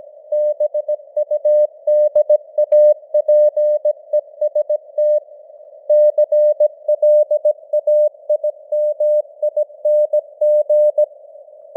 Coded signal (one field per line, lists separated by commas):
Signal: Morse code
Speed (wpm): 17 wpm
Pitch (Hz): 600 Hz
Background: none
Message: BUDAPEST CLAIMING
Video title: Morse Code News | 2025-10-17 | 17wpm